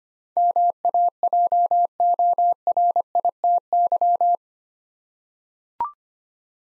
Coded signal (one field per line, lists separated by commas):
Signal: Morse code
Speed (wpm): 25 wpm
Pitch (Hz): 700 Hz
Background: none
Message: MAJORITY